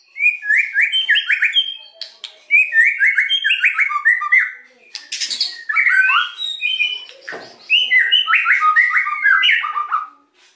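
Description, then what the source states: White-rumped shama song: rich, varied whistled phrases, quickly warbled and tumbling up and down, delivered in four bursts separated by short pauses, with a few sharp clicks between. Lure song used to provoke a response from other shamas; the bird is described as singing persistently and energetically (gacor).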